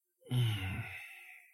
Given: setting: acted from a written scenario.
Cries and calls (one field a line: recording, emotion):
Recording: vocal sound without words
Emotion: ecstasy